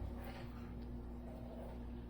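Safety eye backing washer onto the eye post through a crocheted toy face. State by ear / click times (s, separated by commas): not seated / none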